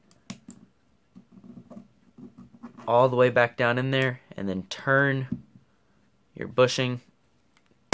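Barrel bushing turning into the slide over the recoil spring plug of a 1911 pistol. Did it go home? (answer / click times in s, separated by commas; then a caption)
yes / 7.9 s. On a Rock Island M1911 pistol being reassembled, the recoil spring plug is held down while the steel barrel bushing is turned in the slide over it. Someone talks, with faint small clicks and handling noises at the start. A sharp, loud click at 7.9 s marks the bushing locking into place.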